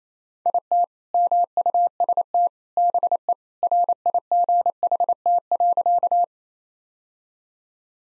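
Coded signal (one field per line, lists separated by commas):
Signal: Morse code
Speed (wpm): 27 wpm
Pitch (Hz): 700 Hz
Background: none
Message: IT MUST BE RIGHT.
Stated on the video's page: Morse practice at 28 wpm: sentences built from common two-word phrases for head-copy, each sent in Morse, spoken, then sent again.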